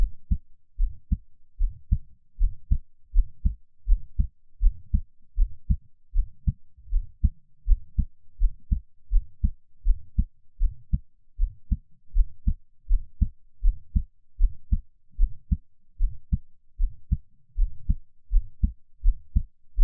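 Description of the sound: An adult's own heartbeat, heard through a close microphone, with no talking.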